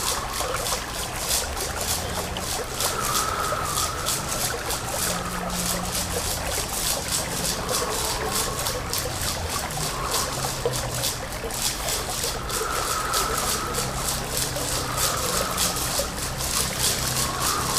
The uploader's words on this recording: Strings - Voice - Shaker - Water.